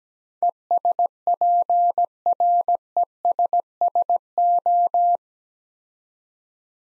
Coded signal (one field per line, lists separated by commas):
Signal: Morse code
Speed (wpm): 17 wpm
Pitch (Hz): 700 Hz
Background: none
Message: ESPRESSO